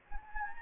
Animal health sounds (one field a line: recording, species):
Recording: mosquito wingbeat signal from an infrared sensor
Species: Anopheles gambiae